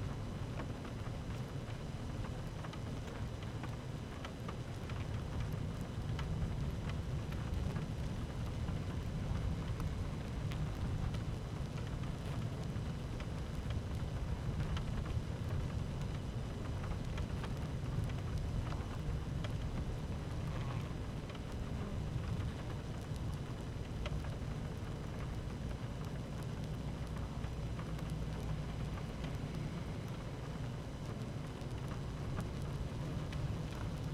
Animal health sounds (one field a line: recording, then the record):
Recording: honeybee colony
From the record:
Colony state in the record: active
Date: 12 June 2018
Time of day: 13:21